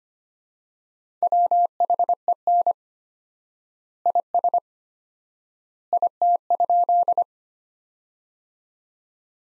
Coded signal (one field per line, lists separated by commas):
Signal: Morse code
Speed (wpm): 25 wpm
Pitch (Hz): 700 Hz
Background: none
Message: WHEN IS IT?